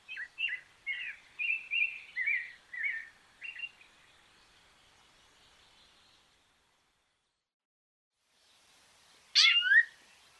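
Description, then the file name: Rufous-bellied thrush: a string of quick whistled phrases, several seconds of quiet, then a brief, loud, sharp sound near the end. "Sonido ZORZAL COLORADO"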